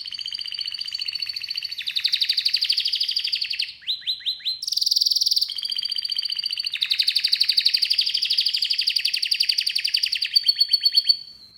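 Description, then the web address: Canary song with long, rapid, buzzy trills broken by short pulsed rolls and a brief higher burst, rolling on continuously. "Music Canary Canary Singing"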